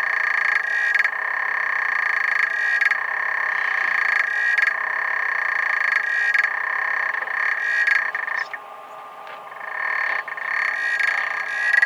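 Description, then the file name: African clawed frog calling in buzzy, clicking trills, bursts repeating at a steady pace, with a quieter break late on. "xenopuslaevis"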